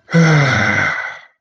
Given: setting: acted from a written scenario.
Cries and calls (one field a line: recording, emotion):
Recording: vocal sound without words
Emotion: triumph